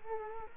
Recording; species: mosquito wingbeat signal from an infrared sensor; Culex quinquefasciatus